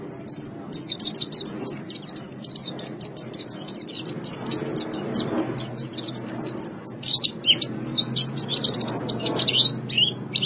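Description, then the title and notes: White-eye song, a dense stream of very high, quick chirps and slurred whistles running throughout over a steady low rumbling background. "Suara kicauan burung pleci"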